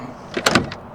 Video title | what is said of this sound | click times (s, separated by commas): Suburban Part 1 | it's locked in so | 0.5 s